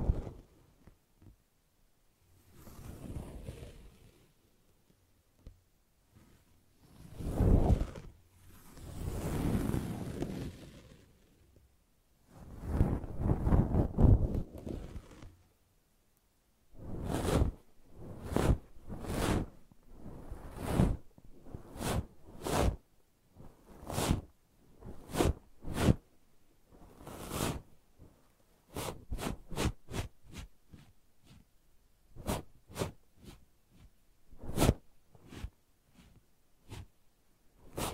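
Brushing and scratching sounds, starting with a few slow, swelling brush strokes in the first fifteen seconds, each lasting a second or two. After that come quick, sharp scratches in irregular bursts, some close together, with short silent gaps between them until the end.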